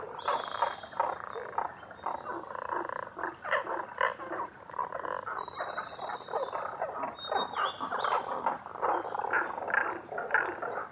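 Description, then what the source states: Tago's brown frogs calling in a dense chorus of rough, pulsed croaks, steady throughout, with brief high whistled notes above around the middle. Recorded 11 June 2010 at 18:05.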